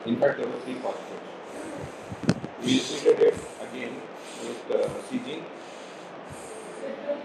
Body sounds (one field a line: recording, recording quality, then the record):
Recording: shallow breathing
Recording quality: poor, much background noise or distortion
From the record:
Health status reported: healthy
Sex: male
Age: 30 years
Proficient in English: yes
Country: India